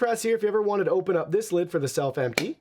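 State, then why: Not seated. Someone talks while handling the plastic lid on the self-empty port of a SwitchBot K10+ Pro Combo vacuum, getting ready to open it and put it back on. Nothing has seated or clicked yet when the clip ends.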